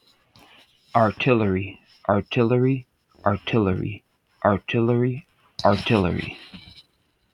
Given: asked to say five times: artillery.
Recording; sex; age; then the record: repeated word; male; 30 to 39 years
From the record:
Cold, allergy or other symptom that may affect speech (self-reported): no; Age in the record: 32 years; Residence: Washington, United States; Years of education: 13